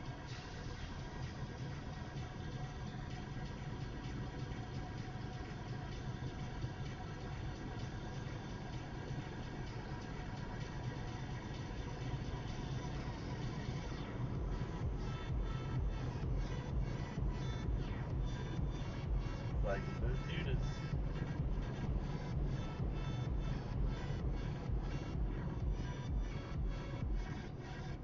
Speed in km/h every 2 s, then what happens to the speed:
45, 48, 52, 55, 60, 63, 66, 68, 71, 71, 69, 66, 58, 50.
0-16 speeds up to 71. 16-21 steady at about 71. 21-28 slows to 50.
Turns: none.